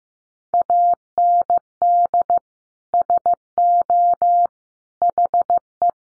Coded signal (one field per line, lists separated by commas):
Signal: Morse code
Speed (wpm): 15 wpm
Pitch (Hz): 700 Hz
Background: none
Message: AND SO HE